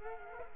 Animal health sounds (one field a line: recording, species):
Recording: mosquito wingbeat signal from an infrared sensor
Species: Culex quinquefasciatus